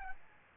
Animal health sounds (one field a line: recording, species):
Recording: mosquito wingbeat signal from an infrared sensor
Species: Aedes albopictus